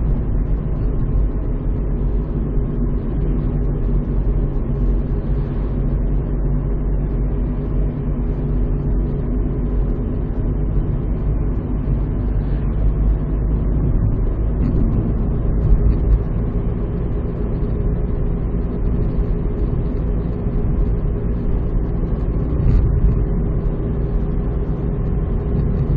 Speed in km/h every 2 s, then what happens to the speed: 51, 51, 52, 52, 53, 56, 57, 60, 62, 61, 62, 63, 63.
0-8 steady at about 52. 8-16 speeds up to 62. 16-26 steady at about 62.